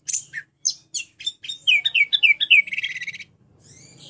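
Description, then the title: Orange-headed thrush singing high, clear whistled notes, then a quick series of downslurred phrases ending in a rasping buzz, followed by a brief pause and one final note. "anis_merah"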